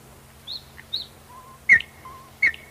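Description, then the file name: Nightingale song: a short varied phrase of high whistles, two low soft notes and two sharp clicks, each click leading into a thin sustained whistle. "solovey"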